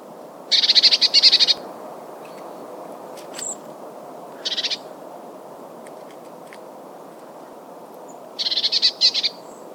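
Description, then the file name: Eurasian blue tit giving buzzy rattles of rapid notes: a long burst, a short one in the middle, and another at the end. "Cyanistes caeruleus"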